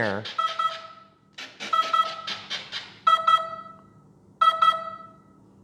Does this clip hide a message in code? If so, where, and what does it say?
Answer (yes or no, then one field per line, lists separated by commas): no